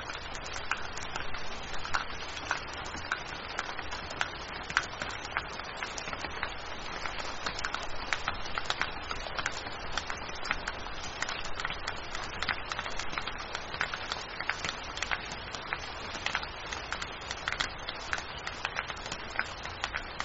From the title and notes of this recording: Windy Rain Sleep Sounds.